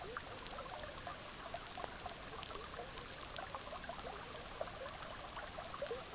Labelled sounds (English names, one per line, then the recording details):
none
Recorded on Arctic tundra, site EABA-MC, on 18 June 2019
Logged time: 06:00